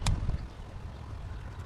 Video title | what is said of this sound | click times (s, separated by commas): 2007 Ford F-150 4.2L Throttle Body Cleaning- Fix Rough Idle (DIY) | So this one, we're just gonna put this back, this little ring thing back, and to the front a little bit, and then push it in, and you should click. | 0.1 s